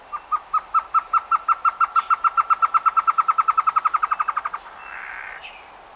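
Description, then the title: Bird song: a long series of many clear piping notes that speed up slightly, followed by a brief soft rasp. "LuckyPassaro Completos2Sama"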